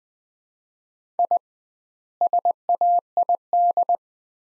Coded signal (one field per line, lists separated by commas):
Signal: Morse code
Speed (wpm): 20 wpm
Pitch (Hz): 700 Hz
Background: none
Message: I SAID